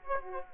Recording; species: mosquito wingbeat signal from an infrared sensor; Aedes aegypti